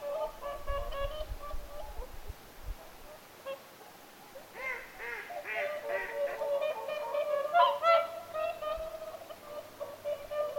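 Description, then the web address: Whooper swans calling in a group, rapid overlapping nasal honks, a quieter stretch then a louder burst of trumpeting, low thuds early on. Whooper swans calling at Lintulahti, 6 November 2025. "paivat 6 11 2025 laulujoutsenten aantelya lintulahdella"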